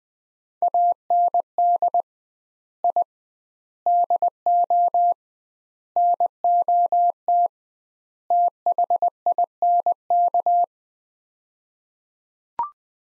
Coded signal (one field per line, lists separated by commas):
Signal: Morse code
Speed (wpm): 20 wpm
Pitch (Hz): 700 Hz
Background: none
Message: AND I DO NOT THINK